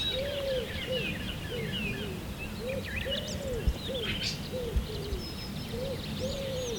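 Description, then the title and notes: Birds: bird chorus with a steady run of soft, low arched coos roughly every half second, overlaid by scattered high whistles and chirps; a couple of sharp clicks. Birds at sunrise, early morning. "am. Birds. Birds at sunrise"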